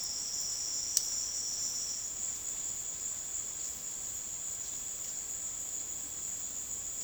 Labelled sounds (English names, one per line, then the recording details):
none
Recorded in secondary vegetation near Puerto Asís, Putumayo, Colombia, on 19 February 2024 at 15:30
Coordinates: 0.468, -76.324
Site G6381